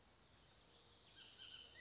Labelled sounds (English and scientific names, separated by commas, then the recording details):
Bullock's Oriole (Icterus bullockii)
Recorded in Sonoma County, California